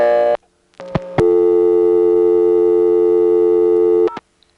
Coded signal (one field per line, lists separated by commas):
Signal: telephone call progress tone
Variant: North America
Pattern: dial tone